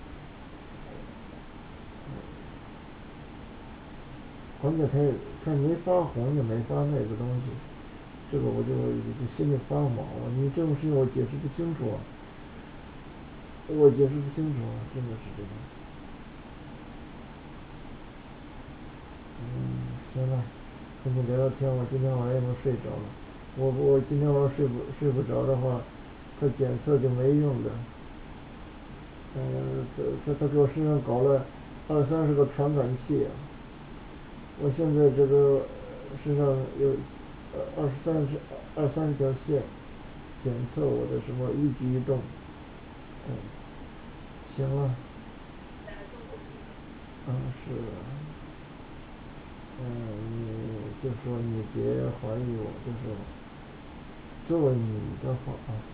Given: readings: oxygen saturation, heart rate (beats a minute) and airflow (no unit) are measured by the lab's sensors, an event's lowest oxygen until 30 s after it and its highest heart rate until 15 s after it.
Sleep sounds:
a person awake in a sleep study, by a voice recorder at the bedside; none
0.00-55.94 s: awake
From the record:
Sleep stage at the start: awake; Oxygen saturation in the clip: 95 to 96%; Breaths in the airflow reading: 15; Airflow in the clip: -4.0 to 6.3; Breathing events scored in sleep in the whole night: 216 in 7.0 hours asleep

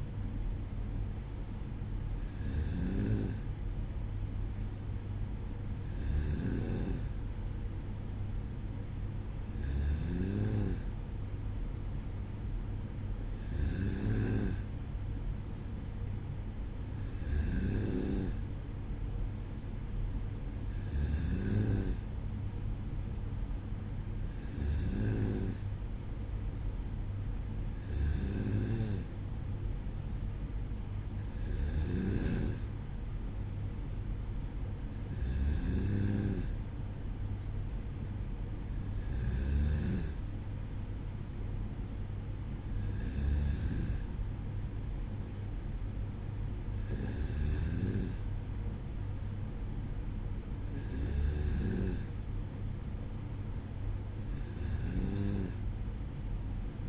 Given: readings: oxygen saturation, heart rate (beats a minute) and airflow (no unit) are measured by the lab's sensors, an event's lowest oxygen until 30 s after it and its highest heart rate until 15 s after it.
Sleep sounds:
breathing in sleep by a smartphone at the bedside; none
none scored
From the record:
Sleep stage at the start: N2 (light sleep); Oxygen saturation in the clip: 94%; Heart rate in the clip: 55 to 58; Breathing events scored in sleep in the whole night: 305 in 9.6 hours asleep

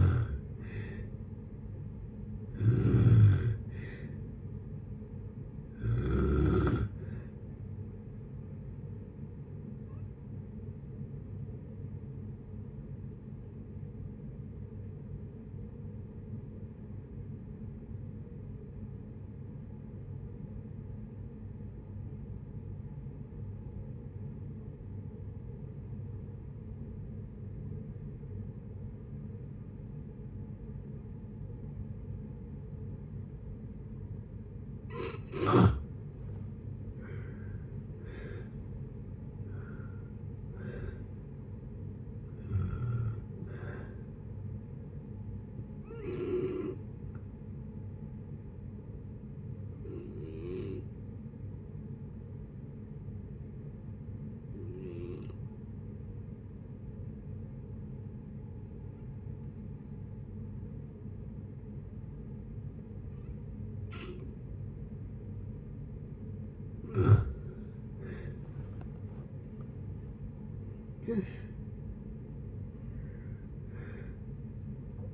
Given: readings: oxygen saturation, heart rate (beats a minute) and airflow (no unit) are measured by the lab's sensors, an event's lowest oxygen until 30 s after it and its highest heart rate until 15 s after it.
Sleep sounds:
breathing in sleep by a smartphone at the bedside; 2
13.00-37.60 s: obstructive apnea (N2, oxygen 96% highest, then 77% lowest, heart rate 62 at the start, 72 highest)
27.00-75.14 s: new sleep stage, N1 (lightest sleep)
46.00-67.50 s: hypopnea (N1, oxygen 95% highest, then 85% lowest, heart rate 72 at the start, 74 highest)
From the record:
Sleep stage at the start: N2 (light sleep); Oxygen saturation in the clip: 77 to 96%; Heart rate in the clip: 55 to 74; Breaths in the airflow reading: 14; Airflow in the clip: -7.9 to 14.0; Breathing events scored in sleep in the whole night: 496 in 5.4 hours asleep

